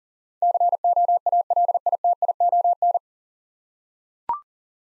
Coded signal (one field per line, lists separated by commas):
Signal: Morse code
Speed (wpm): 40 wpm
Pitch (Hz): 700 Hz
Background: none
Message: COALITION